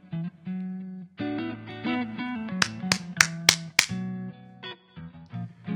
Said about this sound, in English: I push metronome. Okay. You have to do the same thing in your inner side.